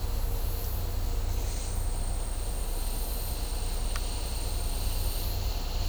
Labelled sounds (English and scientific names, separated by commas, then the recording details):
none
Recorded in dense forest near Puerto Asís, Putumayo, Colombia, on 18 December 2024 at 14:30
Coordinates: 0.503, -76.323
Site G043